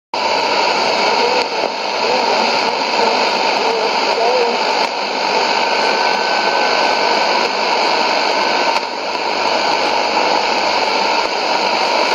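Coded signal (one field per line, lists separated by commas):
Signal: numbers station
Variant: HM01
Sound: steady dense digital hiss throughout, with a faint constant tone and no clear words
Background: radio static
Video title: 19 11 2016 Cuban Spy Numbers HM01 in Spanish 0905 on 11462 Bejucal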